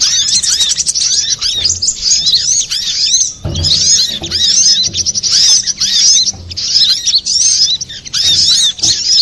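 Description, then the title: Little spiderhunter song, rapid high-pitched twittering in dense phrases with brief breaks, plus a few muffled low bumps. Master recording used to train cage birds. "Masteran Burung Sogok Ontong Labaik"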